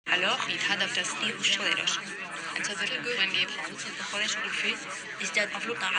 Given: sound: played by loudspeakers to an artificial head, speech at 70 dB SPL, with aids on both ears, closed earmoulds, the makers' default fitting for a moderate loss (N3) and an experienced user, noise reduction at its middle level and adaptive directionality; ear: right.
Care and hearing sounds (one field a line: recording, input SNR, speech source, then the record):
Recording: speech test signal (ISTS) in cocktail-party noise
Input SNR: -3 dB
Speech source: on the right (90 degrees)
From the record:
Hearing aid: class 2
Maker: G